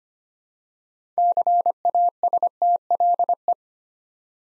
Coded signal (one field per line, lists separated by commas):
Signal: Morse code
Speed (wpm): 25 wpm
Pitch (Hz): 700 Hz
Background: none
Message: CASTLE